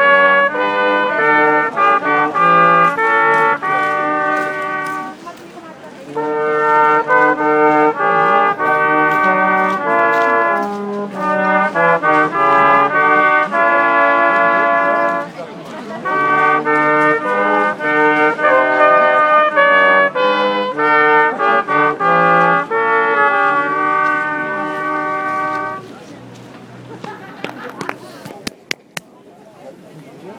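Bright tuneful notes ring steadily at a Christmas market, pausing briefly around 5 and 15 seconds, with faint voices underneath before fading out.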